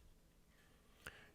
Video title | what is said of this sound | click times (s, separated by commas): Rusty Rolex! Lets Finish This Rolex Datejust Up and Test - Part 3 | using a small driver I'm going to press the detent and gently push in the crown and it'll click into place now we can just test it make sure the watch winds and sets | 1.1 s